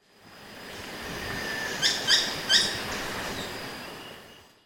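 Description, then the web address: Buff-throated tody-tyrant calls: three quick, sharp, high chips in quick succession, over a steady background hiss. Recorded in Ecuador. "Birds of Ecuador. Buff-throated Tody-Tyrant"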